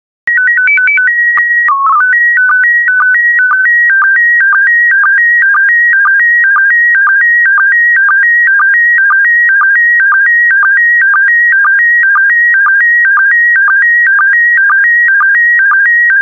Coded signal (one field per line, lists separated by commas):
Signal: SSTV (slow-scan television)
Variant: PD 120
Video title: 135004 Bald Eagles SSTV PD120